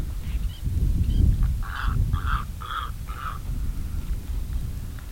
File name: Ardea purpurea - Purple Heron